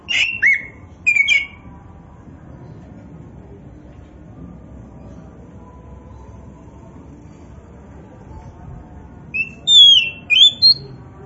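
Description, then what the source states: Oriental magpie-robin phrases: two short chattering whistles, a long pause, then a lively cluster of bright, sliding whistled notes. Indonesian name kacer poci; described as gacor, singing actively and abundantly.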